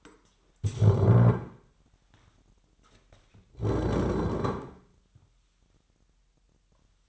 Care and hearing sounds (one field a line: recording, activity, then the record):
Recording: daily activity, microphone in the room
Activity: stand up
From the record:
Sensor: 3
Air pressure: 998.4 hPa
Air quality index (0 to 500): 128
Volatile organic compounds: 3 ppm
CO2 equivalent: 1525 ppm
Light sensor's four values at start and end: 8/19/8/8 and 11/24/10/12